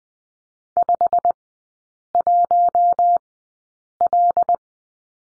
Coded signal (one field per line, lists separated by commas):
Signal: Morse code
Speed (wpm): 20 wpm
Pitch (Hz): 700 Hz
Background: none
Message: 51L